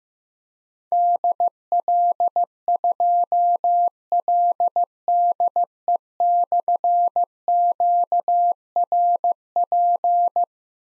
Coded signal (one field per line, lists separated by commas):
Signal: Morse code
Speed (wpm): 15 wpm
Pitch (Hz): 700 Hz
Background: none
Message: DL2LDE/QRP